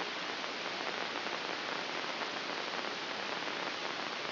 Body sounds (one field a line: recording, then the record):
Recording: brain microelectrode recording played as sound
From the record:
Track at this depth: outside the subthalamic nucleus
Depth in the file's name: 4.024 mm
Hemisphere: left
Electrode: 3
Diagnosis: Parkinson's disease